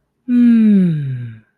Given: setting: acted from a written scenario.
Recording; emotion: vocal sound without words; ecstasy